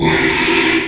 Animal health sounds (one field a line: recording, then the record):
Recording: squeal of a Yucatan mini pig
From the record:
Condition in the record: after surgery on the right vocal fold (resection and tissue-engineered implant)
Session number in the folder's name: 1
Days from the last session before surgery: 6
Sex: male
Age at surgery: 12 weeks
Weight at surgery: 13 kg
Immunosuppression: cyclosporine, prednisolone